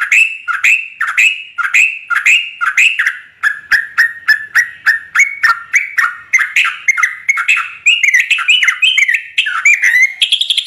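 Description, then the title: Yellow-vented Bulbul song: a fast, continuous stream of bubbly, warbled whistles with rapid rising and falling notes, ending in higher chattering. Trucukan singing vigorously (gacor), its song filled with material taken from other birds (isian). "TRUCUK GACOR ROPEL ISIAN WAMBHI"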